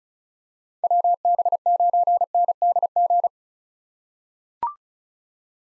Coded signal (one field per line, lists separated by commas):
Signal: Morse code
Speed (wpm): 34 wpm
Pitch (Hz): 700 Hz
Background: none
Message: WB9NDG